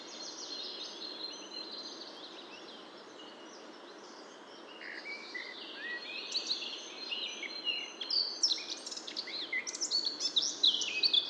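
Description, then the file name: Eurasian blackcap song, a soft scratchy twitter at first that builds into a louder, fast warble of clear whistled notes toward the end, with steady background hiss. "Sylvia atricapilla"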